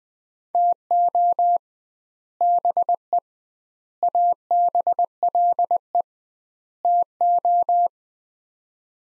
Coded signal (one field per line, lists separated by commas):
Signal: Morse code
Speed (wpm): 20 wpm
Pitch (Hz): 700 Hz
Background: none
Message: TO BE ABLE TO